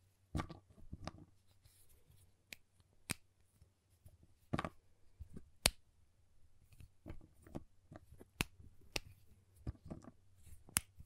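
Tapping on a giant chocolate bar, with sharp, bright clicks and snaps scattered irregularly through the whole stretch, about one or two per second. Some knocks carry a duller thud underneath, and a low steady hum sits beneath everything.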